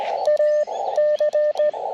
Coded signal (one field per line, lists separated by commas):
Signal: Morse code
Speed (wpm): 18 wpm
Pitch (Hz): 600 Hz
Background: radio noise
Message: A C